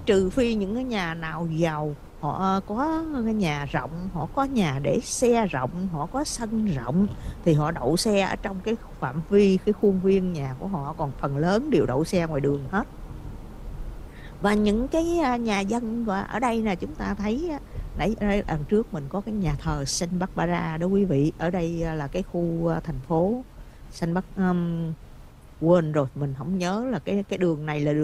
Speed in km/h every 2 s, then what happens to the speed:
56, 58, 61, 60, 63, 61, 63, 60, 53, 45, 39, 32, 24, 15.
0-8 speeds up to 63. 8-14 steady at about 61. 14-28 slows to 15.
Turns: none.